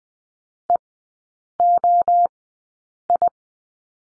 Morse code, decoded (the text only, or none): EOI